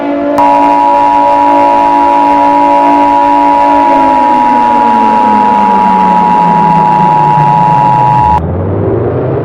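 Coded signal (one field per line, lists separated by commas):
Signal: Emergency Alert System (SAME) tones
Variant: 853 and 960 Hz attention tone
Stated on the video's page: Fictional EAS scenario containing valid and/or invalid tones.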